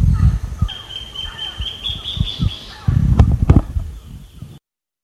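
Bird call: a long, high, thin whistle, faint lower chirps, and loud low rumbling and thudding noises throughout.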